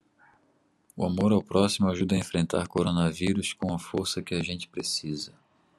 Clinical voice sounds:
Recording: spoken sentence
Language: Brazilian Portuguese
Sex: male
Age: 40 to 49 years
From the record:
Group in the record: control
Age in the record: 45 years

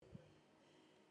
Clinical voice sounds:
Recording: spoken sentence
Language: Brazilian Portuguese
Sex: female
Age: 40 to 49 years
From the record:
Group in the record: control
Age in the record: 42 years

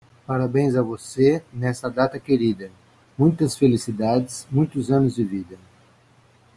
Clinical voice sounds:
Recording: short text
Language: Brazilian Portuguese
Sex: male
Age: 60 to 69 years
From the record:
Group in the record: control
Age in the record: 61 years

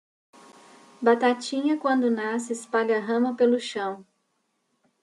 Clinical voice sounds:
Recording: short text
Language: Brazilian Portuguese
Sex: female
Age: 20 to 29 years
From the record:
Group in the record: control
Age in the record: 29 years

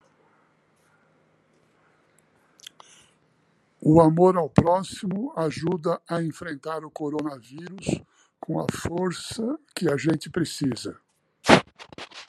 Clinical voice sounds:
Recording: spoken sentence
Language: Brazilian Portuguese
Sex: male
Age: 70 to 79 years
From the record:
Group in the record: control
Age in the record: 75 years

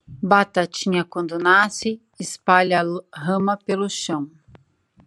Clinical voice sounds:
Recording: short text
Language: Brazilian Portuguese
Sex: female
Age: 40 to 49 years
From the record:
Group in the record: control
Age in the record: 44 years

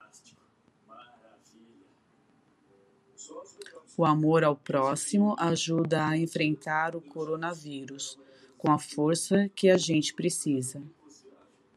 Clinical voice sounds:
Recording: spoken sentence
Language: Brazilian Portuguese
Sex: female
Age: 50 to 59 years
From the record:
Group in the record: control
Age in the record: 53 years

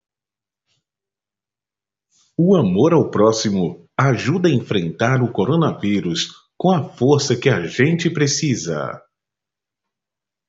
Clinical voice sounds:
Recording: spoken sentence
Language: Brazilian Portuguese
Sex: male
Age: 30 to 39 years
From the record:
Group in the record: control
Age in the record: 34 years

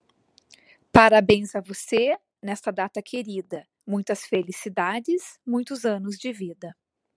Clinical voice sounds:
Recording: short text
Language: Brazilian Portuguese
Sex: female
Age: 40 to 49 years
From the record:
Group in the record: control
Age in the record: 41 years

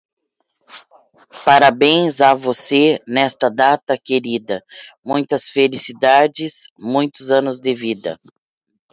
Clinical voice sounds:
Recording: short text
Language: Brazilian Portuguese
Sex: female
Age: 40 to 49 years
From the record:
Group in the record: control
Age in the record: 46 years

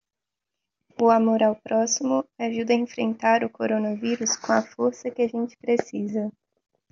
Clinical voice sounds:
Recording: spoken sentence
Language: Brazilian Portuguese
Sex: female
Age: 20 to 29 years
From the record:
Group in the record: control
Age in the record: 24 years

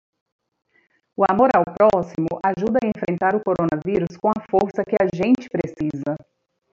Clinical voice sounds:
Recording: spoken sentence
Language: Brazilian Portuguese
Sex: female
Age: 30 to 39 years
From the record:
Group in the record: control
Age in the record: 37 years

